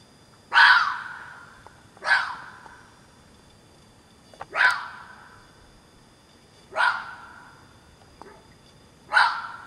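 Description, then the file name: Fox barks: five harsh, hoarse calls spaced about two seconds apart, sharp at the start and fading out, over low steady background noise. "renards"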